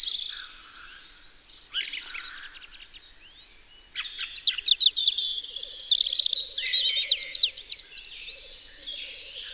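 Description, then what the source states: European robin song: a quiet opening, then sparkling high warbled phrases with rapid sliding notes, getting louder in the second half. Recorded in Isère, France.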